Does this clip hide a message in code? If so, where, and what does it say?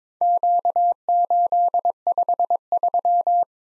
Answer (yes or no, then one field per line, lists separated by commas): yes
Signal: Morse code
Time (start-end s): 0.2-3.4 s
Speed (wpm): 21 wpm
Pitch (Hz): 700 Hz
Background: none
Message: Q853